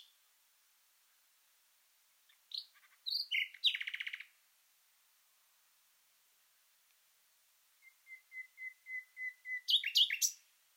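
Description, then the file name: Common nightingale song: varied chirps and a dense rattling trill, a long silence, then soft whistled notes building into sharp loud phrases. "Luscinia megarhynchos"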